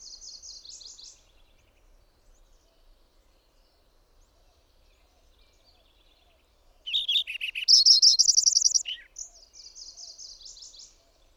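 Bird song: a soft high trill, then a loud phrase of clear notes stepping down into a fast bright trill and a falling end note, then another soft trill.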